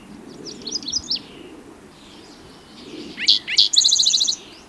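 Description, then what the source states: Spotted Towhee song: soft high notes at first, then two loud sharp notes leading into a quick, even trill. A new song type from individual number one, recorded June 22, 2010, in Rhodes Canyon, Utah County, Utah.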